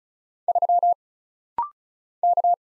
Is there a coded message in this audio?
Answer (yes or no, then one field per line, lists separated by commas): yes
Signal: Morse code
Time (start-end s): 0.5-2.5 s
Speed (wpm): 36 wpm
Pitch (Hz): 700 Hz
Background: none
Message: 3 K